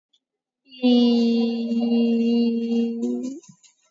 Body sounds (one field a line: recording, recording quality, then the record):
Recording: sustained vowel as in beet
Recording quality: excellent, no background noise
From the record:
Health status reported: COVID-19 positive, moderate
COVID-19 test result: positive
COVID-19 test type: RT-PCR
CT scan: not taken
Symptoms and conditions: cough, cold, sore throat, fever, muscle pain, loss of smell and taste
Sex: female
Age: 21 years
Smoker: no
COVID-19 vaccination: none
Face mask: worn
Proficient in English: yes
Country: India